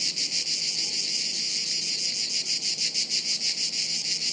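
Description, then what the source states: Cicadas in chorus, a dense high buzzing that pulses about three times a second without pause. Chorus of cicadas high in trees overhead, woods near Sirolo, Italy, hot afternoon, August 23.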